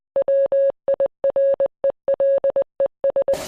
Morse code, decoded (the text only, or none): WIRELES